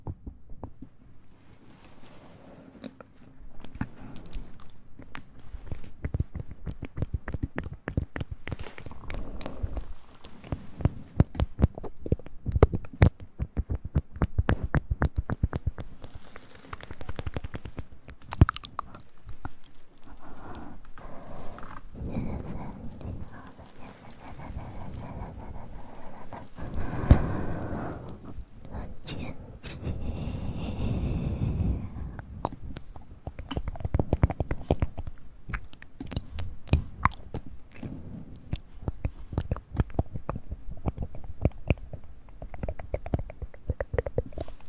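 Mouth sounds and ear play, made up of dense, irregular wet clicks, smacks and chewing-like noises throughout. Sharp bright ticks and soft low thuds arrive in quick clusters, with a few louder smeared rustling bursts around the 20, 27 and 31 second marks.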